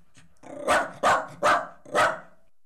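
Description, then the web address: Dog giving four loud, harsh barks in quick succession after a soft low start. From the BBC Sound Effects Library, CD 38, a collection of horse and dog recordings. "The BBC Sound Effects Library - Complete 60 CDs Collection Sound Effects Library-38 (Horses # 2 and Dogs)"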